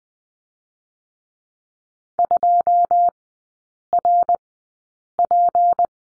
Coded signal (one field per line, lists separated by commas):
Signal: Morse code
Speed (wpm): 20 wpm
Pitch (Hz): 700 Hz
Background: none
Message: 2RP